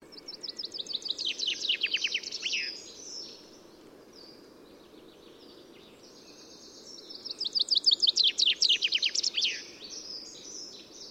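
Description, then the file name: Common chaffinch song: two full songs, each a rattling run of bright notes descending to an ending flourish, with quieter bird chirps between them. "Fringilla coelebs"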